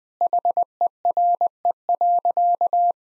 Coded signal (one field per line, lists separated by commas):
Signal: Morse code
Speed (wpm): 20 wpm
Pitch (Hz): 700 Hz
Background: none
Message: HERE.